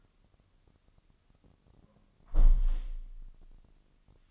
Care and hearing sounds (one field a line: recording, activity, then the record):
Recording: daily activity, microphone in the room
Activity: close window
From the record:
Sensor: 4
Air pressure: 1005.5 hPa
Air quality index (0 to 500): 91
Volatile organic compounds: 2 ppm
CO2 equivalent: 1116 ppm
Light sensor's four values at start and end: 13/29/12/11 and 13/29/11/11